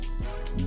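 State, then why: Not seated. A heel/leg piece is moved into position on the leg of an X-Transbots MX 85 Ground Bite die-cast transforming robot figure. Over a steady background hum, faint handling taps come at about 0.5 s and 0.6 s, then a sharper tap at about 0.7 s. The joint does not lock and moves freely, so nothing has seated or clicked into place.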